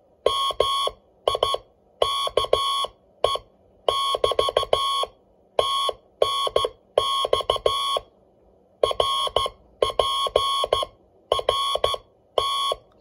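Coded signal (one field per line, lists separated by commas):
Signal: Morse code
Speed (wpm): 14 wpm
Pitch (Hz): 1090 Hz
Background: none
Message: MIKE <BT> TNX RPRT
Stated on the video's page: CW contact on 40 meters from a crystal-controlled MXM SupeRX/TX transceiver on 7030 kHz.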